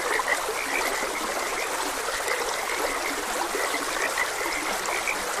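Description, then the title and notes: A frog chorus of brief, repeated croaks scattered over constant trickling stream noise, with no clear pauses in the water sound. Frogs croaking beside a gentle stream. "Gentle Stream and Frogs Croaking. Sleep and Relaxation Podcast"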